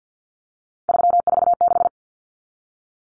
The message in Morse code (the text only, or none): 346